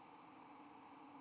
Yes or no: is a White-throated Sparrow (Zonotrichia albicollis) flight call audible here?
no